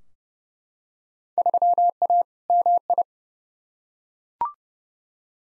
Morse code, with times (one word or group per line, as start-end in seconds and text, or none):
1.4-2.2 3A
2.5-3.0 MI